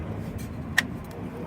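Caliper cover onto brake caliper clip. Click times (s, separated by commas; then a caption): 0.8 s. A plastic caliper cover is pushed down over its snap clip on a truck front brake caliper, and a sharp click rings out at 0.8 s against a steady low rumble. The cover is seated all the way down.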